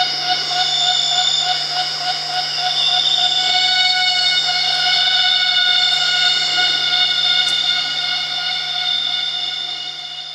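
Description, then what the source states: Emperor cicada call: a sustained, shrill, whistle-like drone with layered tones and slight rhythmic pulsing, easing a little in loudness near the end. Recorded in Borneo rainforest, part of the evening chorus; locally called the '5 o'clock bird' because the sound starts around 5 o'clock every day.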